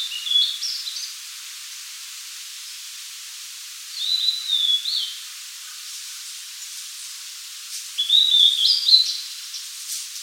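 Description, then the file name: Blue-and-white flycatcher giving three clear whistled phrases separated by pauses, each rising and falling quickly, with a faint hiss behind. "Cyanoptila cyanomelana"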